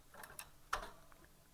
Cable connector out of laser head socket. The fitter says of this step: towards itself you'll hear it click a little bit and then jiggle up and down